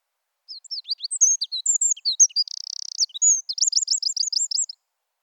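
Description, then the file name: Eurasian wren singing rapid high notes, with a brief buzzy rattle in the middle, followed by a quick trill of repeated notes. "Troglodytes troglodytes"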